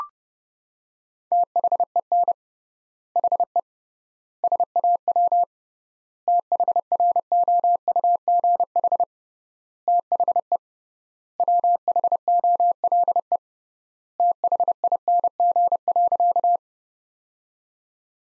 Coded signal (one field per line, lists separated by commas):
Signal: Morse code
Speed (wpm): 30 wpm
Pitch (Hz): 700 Hz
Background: none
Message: THEN HE SAW THROUGH THE WHOLE THING.